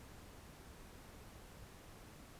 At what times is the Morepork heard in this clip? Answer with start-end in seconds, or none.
none